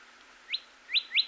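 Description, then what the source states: Cardinal giving three short, clear rising slurred notes, one alone and then two close together, over a quiet background. Recorded on 26 April 2019.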